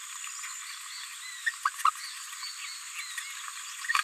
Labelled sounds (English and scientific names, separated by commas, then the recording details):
Green-rumped Parrotlet (Forpus passerinus) babbling
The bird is a female
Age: 26 days
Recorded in a nest box in Venezuela
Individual 17B73B3